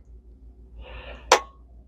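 A plastic wand release clip, with its spring loaded, is pushed into the handle housing of a Bissell PowerClean, MultiClean or CleanView vacuum. A soft rustle of handling comes just before a single sharp, loud click at 1.3 s as the first side of the clip snaps in. Only that one side has seated so far, and the other side has not yet clicked.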